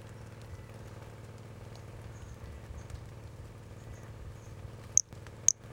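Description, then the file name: Brachycephalus albolineatus: frog calls: a few faint, very high short notes, then two sharper, brighter notes half a second apart over a steady low hum. One individual (number 06) recorded; example 03; specimen not vouchered. "Brachycephalus albolineatus individual 06 example 03 unvouchered"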